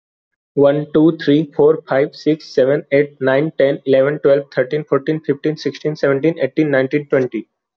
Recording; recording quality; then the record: counting at a fast pace; excellent, no background noise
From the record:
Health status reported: healthy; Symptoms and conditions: none ticked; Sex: male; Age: 22 years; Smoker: not ticked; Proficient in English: yes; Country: India